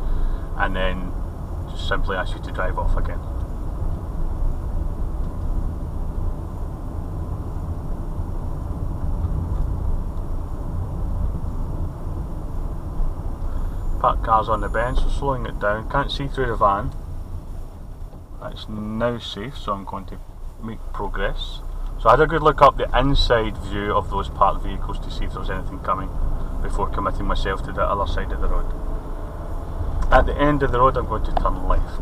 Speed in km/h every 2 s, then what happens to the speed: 27, 27, 29, 29, 27, 29, 27, 24, 16, 8, 10, 15, 19, 21, 27, 26.
0-12 steady at about 27. 12-18 slows to 8. 18-28 speeds up to 27.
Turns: none.